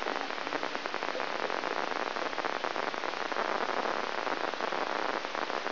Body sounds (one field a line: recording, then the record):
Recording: brain microelectrode recording played as sound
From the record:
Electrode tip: inside the subthalamic nucleus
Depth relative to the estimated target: 1 mm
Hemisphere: left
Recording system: AlphaMap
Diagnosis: Parkinson's disease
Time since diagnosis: 20 years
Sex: female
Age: 65 years